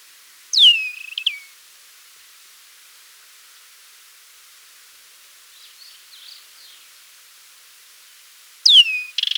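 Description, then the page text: Desert wheatear singing a plaintive downslurred whistle ending in short rattling clicks, with soft scratchy notes midway and the phrase starting again near the end. "Desert Wheatear Song 2. Quick Sounds"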